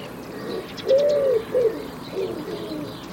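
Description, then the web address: Bird giving a few soft low coos, one drawn-out note followed by shorter ones, with faint chirping in the background. "Bird Only"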